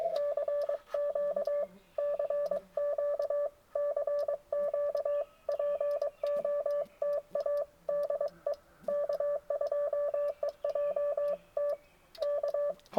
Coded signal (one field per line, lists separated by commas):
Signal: Morse code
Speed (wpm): 22 wpm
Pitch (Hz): 1750 Hz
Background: none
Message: CQ CQ CQ POTA DE K2EJT K